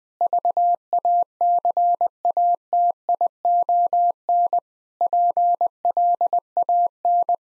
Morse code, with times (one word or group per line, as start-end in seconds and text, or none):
0.2-4.6 VACATION
5.0-7.3 PLAN